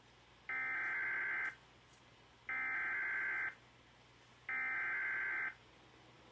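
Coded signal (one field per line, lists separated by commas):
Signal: Emergency Alert System (SAME) tones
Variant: header bursts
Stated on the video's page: Weatheradio Canada transmitter alert, possibly a glitch or broadcast malfunction.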